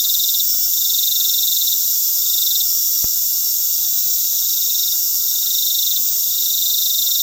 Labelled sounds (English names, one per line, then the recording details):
none
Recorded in pastures near Puerto Asís, Putumayo, Colombia, on 21 February 2024 at 19:00
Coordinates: 0.468, -76.328
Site G6414